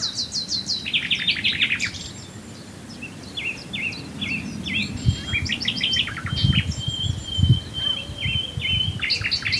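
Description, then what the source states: Common nightingale song: varied phrases of rapid repeated notes, sharp whistles and brief trills, shifting pattern every second or so, over a steady low rumble. Swale.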